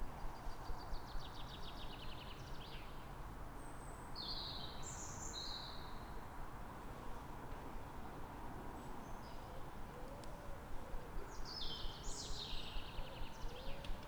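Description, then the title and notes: Bird song, a buzzy trill at the start, sharp whistled chirps soon after, and more trills and chirps near the end, with steady traffic roar throughout. Calm morning, 3 May, Fresnes, Ile de France; background ring-road traffic. "Matin calme avec oiseaux. Fresnes, Ile de France. Mathias Arrignon"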